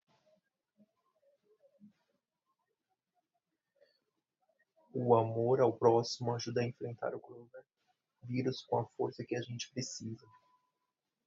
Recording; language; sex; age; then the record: spoken sentence; Brazilian Portuguese; male; 40 to 49 years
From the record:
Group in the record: control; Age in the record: 40 years